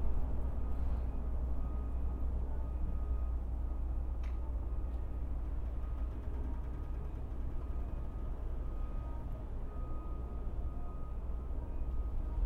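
A steady, dense low rumble of traffic fills a backyard, with a faint thin tone and one brief click near four seconds.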